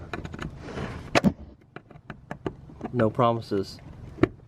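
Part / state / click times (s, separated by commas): plastic trim clip in the front bumper fog light cover / released / 4.2 s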